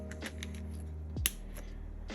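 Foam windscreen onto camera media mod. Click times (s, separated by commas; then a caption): 1.3 s. A foam windscreen is pressed onto a camera's media mod frame, using its plastic tab as a guide for where to mount it, to stop wind noise when filming outside. Faint handling and rubbing sounds lead up to a sharp, loud click at 1.3 s, and the foam windscreen is seated on the media mod.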